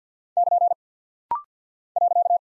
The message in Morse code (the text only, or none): <KN> .